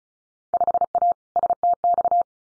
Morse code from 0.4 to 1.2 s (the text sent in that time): 5A